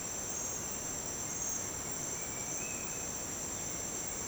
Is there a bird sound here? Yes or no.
yes